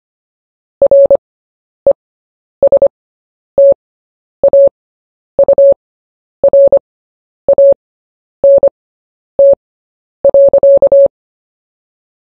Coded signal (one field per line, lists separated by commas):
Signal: Morse code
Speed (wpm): 25 wpm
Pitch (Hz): 560 Hz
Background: none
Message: RESTAURANT.